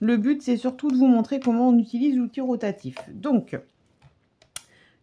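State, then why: Seated. Someone talks for the first few seconds, then a rotary tool attachment is clipped onto a large stamping plate, used for stamping in a circular pattern on a Christmas card. Soft handling noises at about 4.0 s and 4.4 s lead to a sharp plastic-on-plastic snap at 4.6 s as the attachment seats on the plate.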